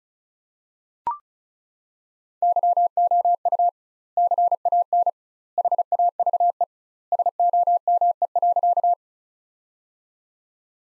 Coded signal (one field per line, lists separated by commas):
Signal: Morse code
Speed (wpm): 34 wpm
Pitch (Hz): 700 Hz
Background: none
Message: YOU CAN HAVE SOME.